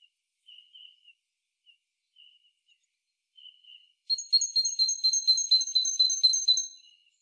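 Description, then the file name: Great tit call: a few soft scattered notes, then a rapid run of about fifteen sharp, ringing repeated notes lasting nearly three seconds. "Parus major"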